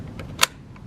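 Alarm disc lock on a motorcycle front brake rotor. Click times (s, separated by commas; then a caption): 0.4 s. The locking jaw of an alarm disc lock is closed over the metal disc rotor of a motorcycle's front brake, with a sharp, bright click at 0.4 s and fainter ticks around it at 0.2 s and 0.8 s. The latch clicks shut and the lock is seated, but that click only locks it and does not arm the alarm.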